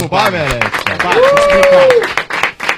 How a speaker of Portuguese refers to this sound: Não, palmas